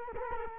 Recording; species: mosquito wingbeat signal from an infrared sensor; Culex quinquefasciatus